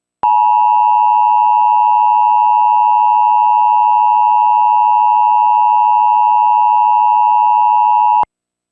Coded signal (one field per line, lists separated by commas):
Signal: Emergency Alert System (SAME) tones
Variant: 853 and 960 Hz attention tone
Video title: Emergency Alert System - Required Monthly Test.